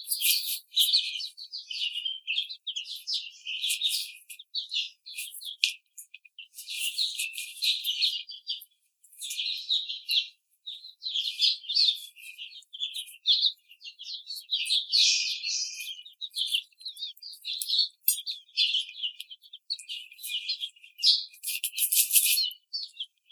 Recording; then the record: young laying hens in a cage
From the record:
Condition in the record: treatment cage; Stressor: simulated dog barking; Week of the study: 5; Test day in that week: 1